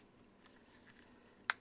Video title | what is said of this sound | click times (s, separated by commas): HTC Radar Overview | and then it just snaps in place | 1.5 s